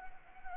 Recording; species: mosquito wingbeat signal from an infrared sensor; Anopheles arabiensis